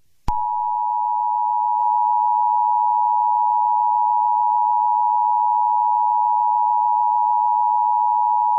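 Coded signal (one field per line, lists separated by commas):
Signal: Emergency Alert System (SAME) tones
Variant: 853 and 960 Hz attention tone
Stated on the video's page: Fictional EAS scenario containing valid EAS tones.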